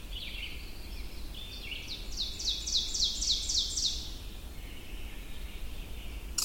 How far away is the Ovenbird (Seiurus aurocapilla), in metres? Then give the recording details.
about 20 m. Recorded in boreal forest in Alberta, Canada, on 22 June 2016 at 05:17. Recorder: SongMeter 3, array SBT-6-76. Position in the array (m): 150 m, 99 m. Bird 3